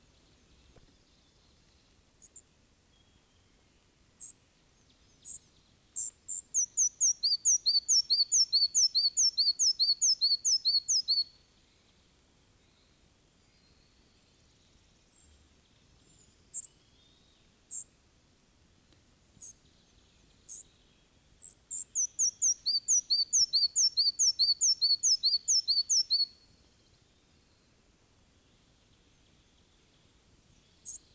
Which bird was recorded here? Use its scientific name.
Ficedula parva